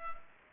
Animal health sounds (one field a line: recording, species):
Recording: mosquito wingbeat signal from an infrared sensor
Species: Culex pipiens